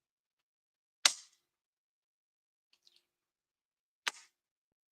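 A cold plastic auto-injector pen is pressed against the skin by its purple button and held to deliver a dose. A sharp first click comes at 1.1 s, a few faint ticks follow around 2.7–3.0 s, and a second click at 4.1 s marks the end of the dose, so the injection has clicked through to completion.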